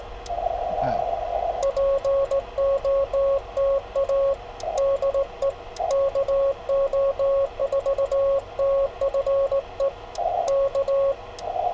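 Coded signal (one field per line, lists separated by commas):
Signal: Morse code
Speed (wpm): 17 wpm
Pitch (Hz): 550 Hz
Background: radio noise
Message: POTA DE KO4TFE K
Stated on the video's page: Morse sent with a straight key during a park activation, with poor band conditions and a compromised antenna.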